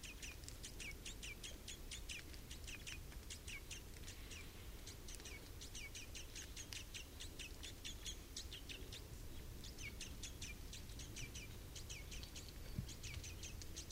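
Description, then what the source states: Red crossbill calls, many short sharp chip notes repeated rapidly throughout, over a steady low background rumble. Recorded 27 October 2014 in the Rusel area.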